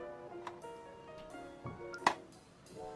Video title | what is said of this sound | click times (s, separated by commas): Canon Selphy CP1300 UNBOXING and SETUP | she heard that click you're good to go | 2.1 s